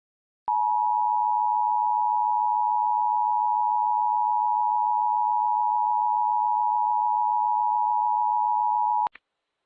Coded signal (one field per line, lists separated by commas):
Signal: Emergency Alert System (SAME) tones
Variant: 853 and 960 Hz attention tone